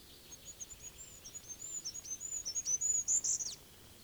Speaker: Hippiäisen laulu on niin korkea, etteivät vanhat ihmiset sitä enää kuule.